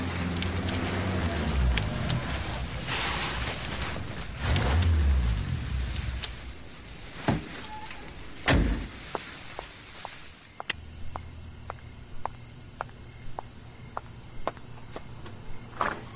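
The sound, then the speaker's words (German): A car approaches with a low engine rumble that rolls in for several seconds, then drops away, leaving scattered sharp clicks and a faint steady high hum. “Ein Auto kommt, duckt euch.”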